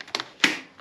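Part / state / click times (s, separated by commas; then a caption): throttle slide into carburetor body / seated / 0.4 s. The metal throttle slide of a motorcycle carburetor, with the idle adjustment screw backed out, drops fully into its bore and closes with a click at 0.4 s. Lighter taps come at about 0.2 s, and the seated click rings briefly before fading. The slide is confirmed seated closed, which is probably why the engine was running high.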